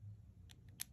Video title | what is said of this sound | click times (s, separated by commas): Cleaning the Helix of an Argus Cintar Lens | until you hear a click then you know it's in the next set of spirals | 0.8 s